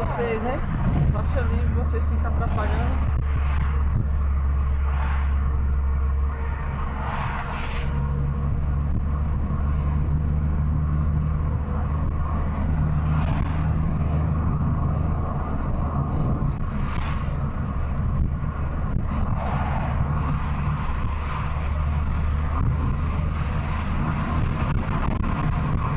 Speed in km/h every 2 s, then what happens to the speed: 87, 80, 79, 80, 79, 87, 89, 89, 85, 84, 85, 89, 91.
0-2 brakes to 80. 2-8 steady at about 79. 8-12 speeds up to 89. 12-19 steady at about 85. 19-26 speeds up to 91.